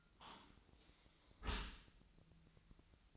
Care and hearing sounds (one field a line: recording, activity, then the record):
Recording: daily activity, microphone in the room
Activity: close dishwasher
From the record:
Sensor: 3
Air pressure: 1003.0 hPa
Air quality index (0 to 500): 195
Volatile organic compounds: 6 ppm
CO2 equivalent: 1904 ppm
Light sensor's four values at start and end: 21/51/21/23 and 21/51/22/23